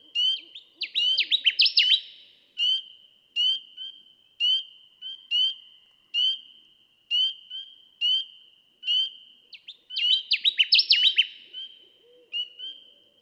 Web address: songs Connecticut Warbler